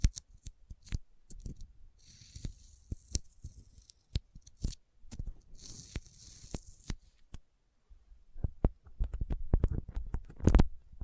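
Sticky finger sounds: irregular clicks and wet smacking pops, with soft tacky hissing peeling between, thickening toward the end with a loud pop near ten seconds.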